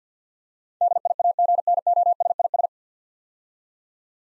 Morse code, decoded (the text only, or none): DIAGNOSIS